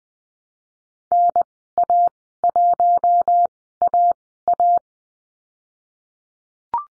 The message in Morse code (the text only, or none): NA1AA